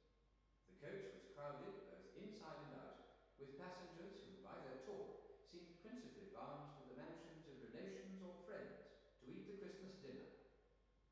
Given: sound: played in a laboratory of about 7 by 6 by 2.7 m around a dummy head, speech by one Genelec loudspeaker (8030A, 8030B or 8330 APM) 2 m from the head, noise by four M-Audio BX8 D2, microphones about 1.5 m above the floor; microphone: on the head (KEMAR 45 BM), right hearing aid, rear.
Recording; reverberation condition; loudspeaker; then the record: male speech in English; high; 90 degrees to the left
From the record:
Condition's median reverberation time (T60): about 1300 ms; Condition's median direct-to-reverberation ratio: about -4.0 dB